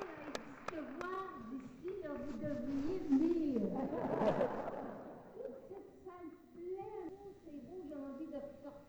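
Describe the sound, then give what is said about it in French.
An audience at a Clémence Desrochers show cheers and applauds, with many excited, high-pitched voices shouting over a swell of clapping that peaks midway, then fades back to scattered cheering. “C'est beau, hein? C'est des applaudissements.”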